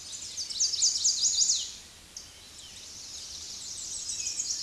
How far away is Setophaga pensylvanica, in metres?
about 15 m